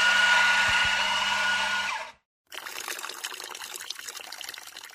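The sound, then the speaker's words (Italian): An EC32Z home machine makes coffee: a loud, steady whirring hiss over a low hum for about two seconds, a brief stop, then coffee pours out in a crackling, sputtering trickle. No one speaks. “Ci fai un caffè? Caffè in preparazione.”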